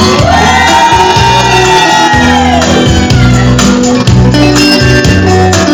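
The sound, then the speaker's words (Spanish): An audience of girls shouts together in a loud, sustained roar, their high voices swelling and sliding in pitch for several seconds without a break. “¡El grito, chicas!”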